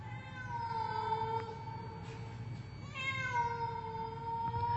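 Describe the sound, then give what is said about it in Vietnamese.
A cat gives two long, drawn-out meows, each a sustained tonal wail with rich harmonics, the second rising slightly before trailing off, over a steady low hum. “Thấy ông ngoại không đuổi kịp, nó thậm chí còn đứng lại, kêu lên mấy tiếng meo meo như là mời gọi.”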